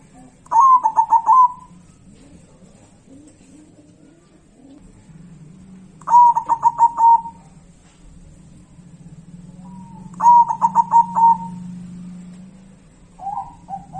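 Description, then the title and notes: Zebra dove giving pulsed, trilling coo phrases every few seconds, each ending on a held note, over a low background hum. Local zebra dove. "Kicau Perkutut Lokal. Kicau Burung Perkutut"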